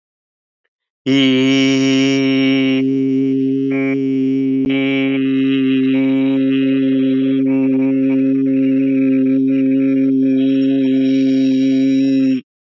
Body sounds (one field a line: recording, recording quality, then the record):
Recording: sustained vowel as in beet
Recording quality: excellent, no background noise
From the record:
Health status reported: exposed to COVID-19, no respiratory illness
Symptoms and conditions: none ticked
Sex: male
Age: 50 years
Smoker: not ticked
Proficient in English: yes